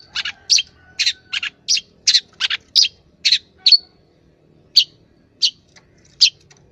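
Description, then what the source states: Long-tailed shrike song: a fast run of scratchy chattering notes that slows into a few spaced chips. Masteran training recording for caged songbirds.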